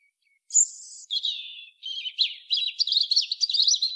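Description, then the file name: European robin song: a very high thin whistle opens, followed by a lower sustained note, then a run of rapid, sparkling twittered notes continuing to the end. "Erithacus rubecula"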